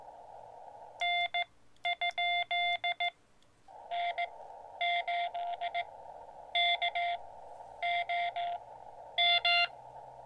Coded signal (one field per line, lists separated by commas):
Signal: Morse code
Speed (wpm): 15 wpm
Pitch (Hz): 700 Hz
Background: none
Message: N? N 8 K O M